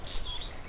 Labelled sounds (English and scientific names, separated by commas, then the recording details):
Stitchbird (Notiomystis cincta) song
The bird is a male
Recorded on Tiritiri Matangi Island, New Zealand, in 2005
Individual 3, of nest box 3